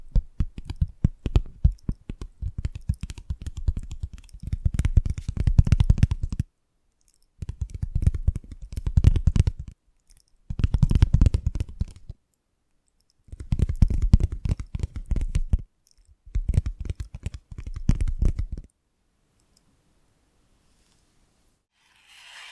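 Invisible tapping and scratching come in dense bursts of a few seconds each, separated by short silences, fading to near silence after nineteen seconds.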